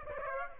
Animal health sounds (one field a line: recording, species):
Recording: mosquito wingbeat signal from an infrared sensor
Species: Aedes aegypti